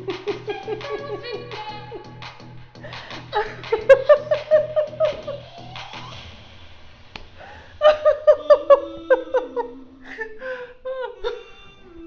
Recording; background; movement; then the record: laughter; music; sitting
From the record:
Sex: female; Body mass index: 21.8 kg/m2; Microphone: on the chest, facing outward